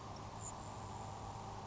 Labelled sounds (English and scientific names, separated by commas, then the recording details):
Grasshopper Sparrow (Ammodramus savannarum)
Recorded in Sonoma County, California